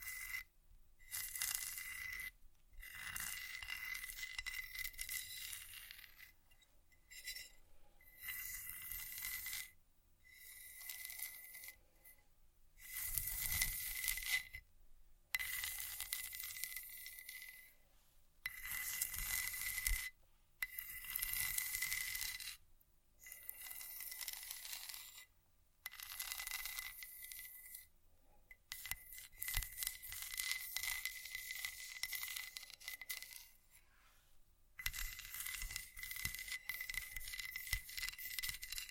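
Bursts of scratching and scraping, with faint tapping, come in stretches of a second to several seconds, cut apart by short silences at irregular intervals. A thin, steady ringing tone runs through most bursts, giving them a bright, metallic, coin-like edge over a light low rumble.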